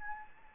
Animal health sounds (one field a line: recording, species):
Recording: mosquito wingbeat signal from an infrared sensor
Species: Anopheles gambiae